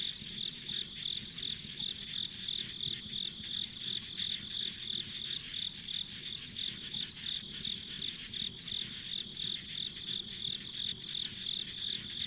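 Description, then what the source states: Steady insect chirps, regular high pulses about three per second, layered over a continuous ringing hum. Ambient insect sounds on a rural country road.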